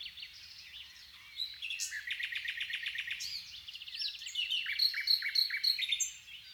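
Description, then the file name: Common nightingale song: a fast run of repeated churring notes, then varied whistled and chattering phrases with sharp high notes. "Luscinia megarhynchos"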